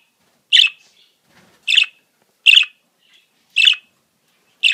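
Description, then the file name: Budgerigar giving five loud, sharp chirps about a second apart, each short and bright, with silence between. "Budgie Sounds"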